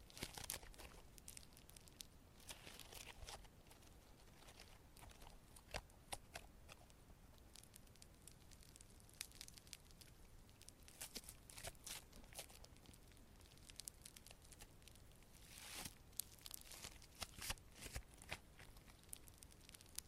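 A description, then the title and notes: Slime being squeezed and pressed gives a dense run of wet crackles and pops, with brighter bursts clustering around the middle and near sixteen seconds. Satisfying Slime Sounds Asmr No Talking.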